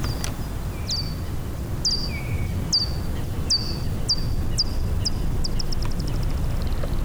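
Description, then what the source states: Daubenton's bat echolocation clicks, steep downward sweeps repeated roughly every second, speeding into a rapid buzz near the end, over steady low hiss. Hunting over water, heard through a heterodyne bat detector.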